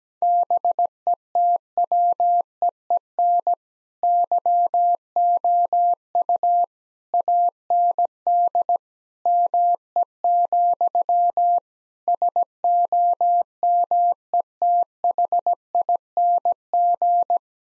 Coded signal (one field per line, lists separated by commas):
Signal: Morse code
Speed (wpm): 17 wpm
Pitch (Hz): 700 Hz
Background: none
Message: BETWEEN YOU AND ME, SOMETHING